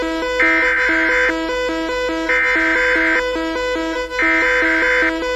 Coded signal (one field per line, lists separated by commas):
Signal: Emergency Alert System (SAME) tones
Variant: header bursts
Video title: 31 New EAS Alarm Requested By @MontyMoleIsBack